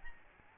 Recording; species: mosquito wingbeat signal from an infrared sensor; Aedes albopictus